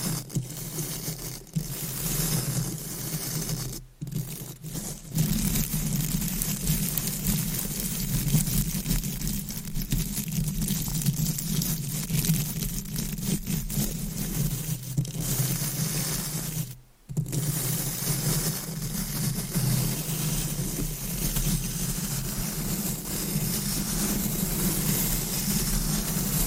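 Deep mic scratching and brushing rumbles continuously, a dense low rustle with brief silent gaps near four and seventeen seconds.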